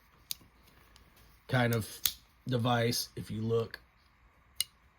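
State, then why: Seated. A folding multitool implement is swung open until it engages its liner/frame-style lock, metal on metal. Someone talks over faint ticks before a sharp snap at 4.6 s as the implement locks in and is seated.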